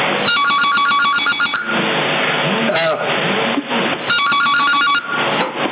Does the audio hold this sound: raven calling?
no